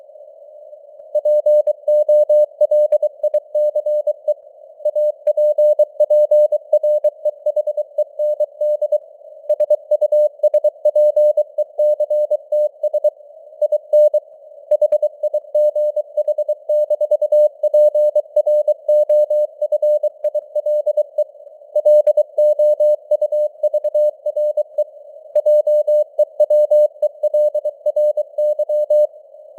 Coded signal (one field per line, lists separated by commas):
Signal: Morse code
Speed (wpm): 23 wpm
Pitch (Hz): 600 Hz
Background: none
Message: POLICE APPREHEND SUSPECTS IN HIGH-PROFILE LOUVRE JEWELRY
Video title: Morse Code News | 2025-10-26 | 23wpm